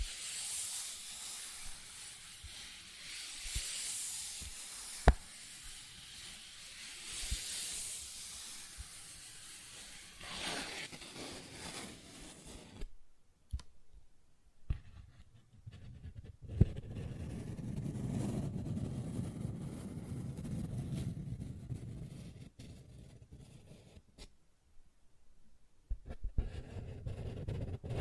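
Paper bag being handled, with soft scratching and rustling that comes in dense bright bursts for the first ten seconds, then thins out. Later come scattered sharp taps and a low rumbling stretch around 17 to 23 seconds, with near-silent gaps between.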